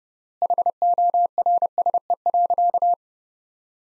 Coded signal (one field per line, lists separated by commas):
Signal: Morse code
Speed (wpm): 31 wpm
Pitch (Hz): 700 Hz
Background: none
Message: HORSE.